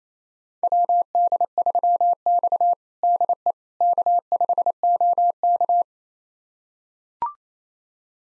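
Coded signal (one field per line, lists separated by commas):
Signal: Morse code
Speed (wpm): 28 wpm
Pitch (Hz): 700 Hz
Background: none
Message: WD3X DE K5OK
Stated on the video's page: Morse call sign copy drill of 4-character US call sign pairs at 28 wpm, each pair sent, spoken, then sent again.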